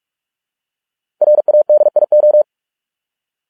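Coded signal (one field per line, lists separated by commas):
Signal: Morse code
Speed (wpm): 46 wpm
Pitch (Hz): 600 Hz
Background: none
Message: RADIO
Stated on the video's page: Morse code practice of English words at 45 wpm.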